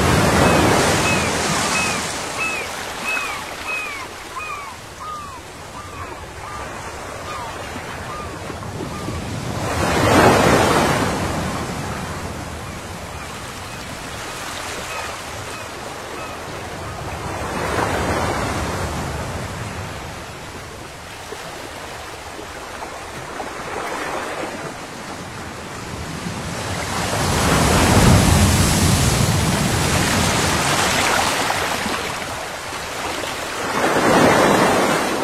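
Sea waves wash in steady, hissing surges, swelling to louder crashes roughly every six to eight seconds, around 10, 18, 28 and 35 seconds. During the first nine seconds a bird repeats a quick series of short chirps over the surf.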